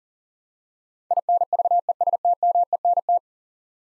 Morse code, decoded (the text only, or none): INVESTMENT